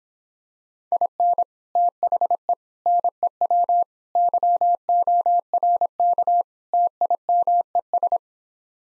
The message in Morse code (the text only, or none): IN THE NEW YORK TIMES